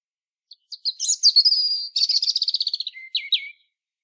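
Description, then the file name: European robin song phrase: high sweet notes lead into a long, fast stuttering trill, then two short slurred notes at the end. "Erithacus rubecula"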